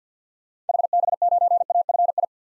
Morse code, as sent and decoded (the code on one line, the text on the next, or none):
.... -... ----. .- ..-. ..
HB9AFI